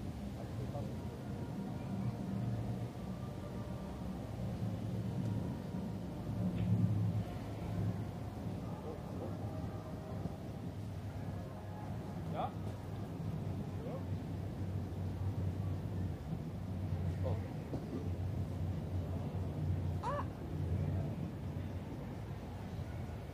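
A bustling scene in Munich's Englischer Garten, with a steady low rumble of traffic underneath and a mix of voices talking throughout. The level stays fairly even, with a few brief brighter clicks and knocks standing out around 12, 17 and 20 seconds.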